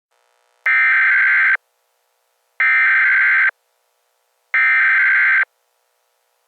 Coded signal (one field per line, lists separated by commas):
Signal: Emergency Alert System (SAME) tones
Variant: header bursts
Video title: EAS Terrorist Alert